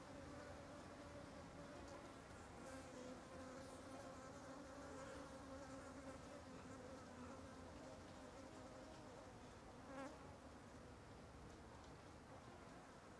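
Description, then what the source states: Fly: many flies droning together, a continuous wavering hum with small swells, a brief louder buzz near ten seconds. An ambience of many flies flying over something.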